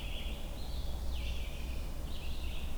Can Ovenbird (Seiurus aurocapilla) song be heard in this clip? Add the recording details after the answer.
no. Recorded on 22 June 2016 at 08:18. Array SBT-6-76